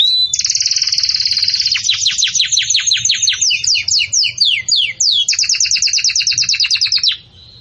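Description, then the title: Belgian canary song with a rapid buzzing trill, then series of quick repeated descending notes, steady and loud until a soft ending. Belgian canary, bell-like song style ('campainha'), used for song-tutoring young canaries. "Belíssimo Canto Do Canário Belga Campainha Para Encarte De Filhotes"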